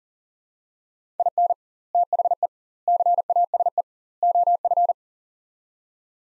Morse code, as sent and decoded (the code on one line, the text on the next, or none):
.. -. / - .... . / -.-. .- ... . / --- ..-.
IN THE CASE OF